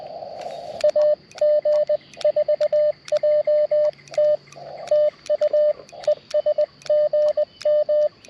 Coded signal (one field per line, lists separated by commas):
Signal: Morse code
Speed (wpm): 20 wpm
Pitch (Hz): 600 Hz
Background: radio noise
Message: AG4JT TU ESGM